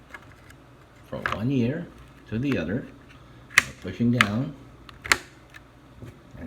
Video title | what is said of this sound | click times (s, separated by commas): how to install ram on any computer ? - Canada | as long as you hear the clicking part on these two ends the ram will | 5.1 s